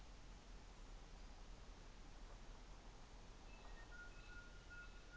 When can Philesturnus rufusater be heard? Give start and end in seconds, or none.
3.29-5.17